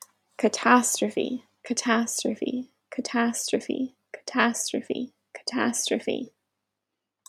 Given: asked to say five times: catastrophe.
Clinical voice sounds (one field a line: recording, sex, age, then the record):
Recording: repeated word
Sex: female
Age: 20 to 29 years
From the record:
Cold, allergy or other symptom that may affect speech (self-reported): no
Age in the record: 24 years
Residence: India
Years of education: 12